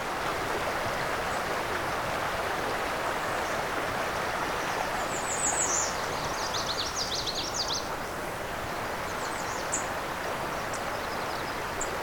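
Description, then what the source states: Black-and-white Warbler song, a thin, very high series of repeated squeaky notes in the middle, partly masked by the steady rush of flowing water. Migrant songbird heard clearly along Crane River.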